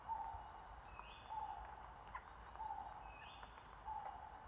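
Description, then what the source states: Chestnut-rumped babbler giving low, hollow notes repeated about every one and a quarter seconds, with a higher rising whistle between them and a constant insect hum behind. Recorded at Danum on 1 April 2006.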